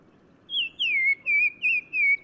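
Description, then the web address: Black-crowned tchagra song: a series of loud clear whistled notes, the first higher, then wavering phrases gently descending, in several bursts. Recorded in Morocco. "Black-crowned Tchagra. new sound approach title morocco"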